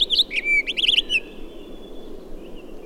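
Townsend's solitaire song: a quick burst of high, warbled, fluty notes in the first 1.2 seconds, then quiet apart from a faint thin tone and a soft background hiss.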